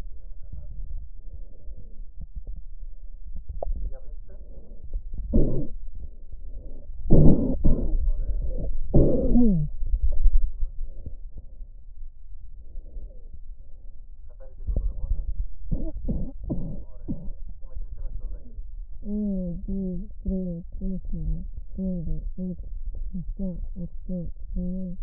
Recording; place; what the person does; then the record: lung sounds by stethoscope; left posterior apical chest; quiet breathing, then cough and speech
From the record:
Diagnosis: asthma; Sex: female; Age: 56 years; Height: 161 cm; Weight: 85 kg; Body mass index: 32.8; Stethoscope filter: extended mode